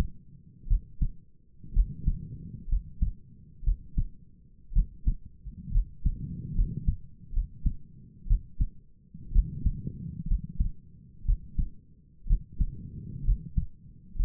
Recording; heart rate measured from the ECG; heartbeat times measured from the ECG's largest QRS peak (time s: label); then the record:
heart sounds by stethoscope; 62 bpm
0.68 s: heartbeat
1.73 s: heartbeat
2.69 s: heartbeat
3.64 s: heartbeat
4.73 s: heartbeat
5.72 s: heartbeat
6.55 s: heartbeat
7.33 s: heartbeat
8.27 s: heartbeat
9.33 s: heartbeat
10.28 s: heartbeat
11.26 s: heartbeat
12.27 s: heartbeat
13.25 s: heartbeat
14.16 s: heartbeat
From the record:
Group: healthy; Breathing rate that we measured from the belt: 17 breaths a minute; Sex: female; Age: 28 years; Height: 170 cm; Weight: 77 kg